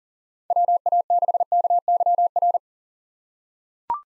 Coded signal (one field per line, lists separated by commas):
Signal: Morse code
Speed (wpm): 40 wpm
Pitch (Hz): 700 Hz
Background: none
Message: WA6KYR